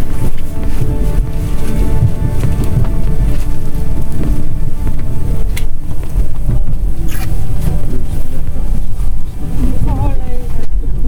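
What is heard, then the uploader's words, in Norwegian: A deep, steady machine drone fills the low end, with humming tones held throughout and a dense patter of small crackles on top. Sharp bright clicks cut through around six and seven seconds, and a brief warbling squeak appears near ten seconds. Regn og maskiner. Dyp bass fra et fyringsanlegg. Vinylknitring.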